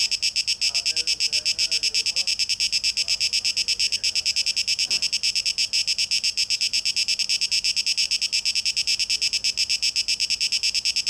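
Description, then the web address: Cicadas buzzing in a high, metallic, pulsing drone at a fast even beat, with faint warbling sounds below and one brief click. Cicadas, 12 August 2023; tape echo mix. "rauschpartikel 2023-08-12 Zikaden"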